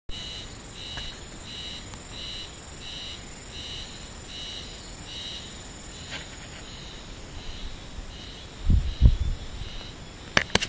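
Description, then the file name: Spring cicada song: short buzzy pulses in a regular series that merge into a continuous buzz, over a low background rumble, with a few thumps near the end. 21 May 2010, Japan. "hauzemi 100521"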